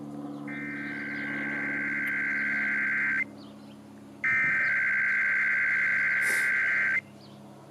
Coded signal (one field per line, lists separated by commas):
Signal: Emergency Alert System (SAME) tones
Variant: header bursts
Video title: [EAS #69-70] Sacramento's May RMT's